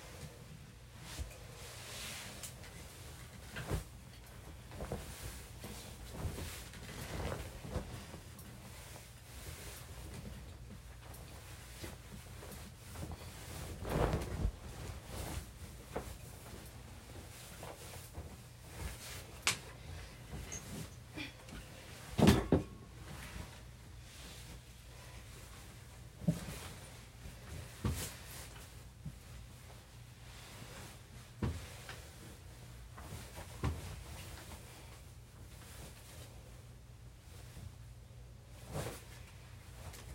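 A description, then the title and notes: Sheets are handled while a bed is made: soft rustles and brief fabric swishes come every few seconds over a steady low hum. A few sharper thumps or flaps stand out, loudest around fourteen and twenty-two seconds, and the room otherwise stays quiet. Bed making ASMR. Bed time sheet making.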